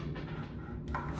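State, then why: Seated. A rebuilt fuel injector with new seals, for a Ford Escape and Fusion 1.5L EcoBoost, is pushed up into its bore in the fuel rail until its plastic snap tabs pass the bridge and lock. Sharp snaps sound at 0.9 s and 1.0 s over low background noise, and the injector is seated and locked in the rail.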